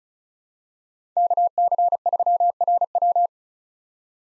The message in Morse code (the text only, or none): KC3RW